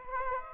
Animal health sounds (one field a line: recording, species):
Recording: mosquito wingbeat signal from an infrared sensor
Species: Aedes aegypti